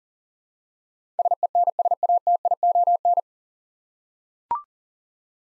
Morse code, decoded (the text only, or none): SENSATION